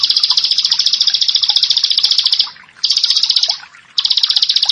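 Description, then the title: Bar-winged prinia giving fast, buzzy trilled phrases, broken by two short pauses before the bird starts up again. "Ciblek Sawah"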